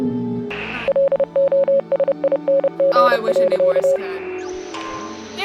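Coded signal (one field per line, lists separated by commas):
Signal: Morse code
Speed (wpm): 30 wpm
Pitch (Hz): 550 Hz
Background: speech, music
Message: LOSING.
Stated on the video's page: Morse in the game Oxenfree.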